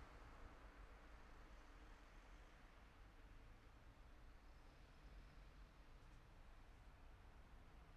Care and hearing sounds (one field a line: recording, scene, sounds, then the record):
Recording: everyday scene through a hearing-aid microphone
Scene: in traffic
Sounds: traffic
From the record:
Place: city secondary road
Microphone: behind the ear, left, front